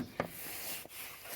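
During a Renault Trafic oil change, a new oil filter element is pushed into the cleaned filter housing cap until its lower end clicks in. A sharp, short click sounds at 0.2 s over a steady background hiss, followed by a softer burst around 0.9 s. The element is seated and ready to be fitted.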